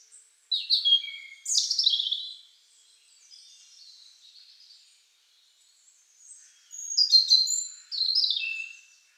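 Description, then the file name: European robin singing clear high twittering phrases, with softer warbles in the gap before a final burst of quick notes. "Erithacus rubecula"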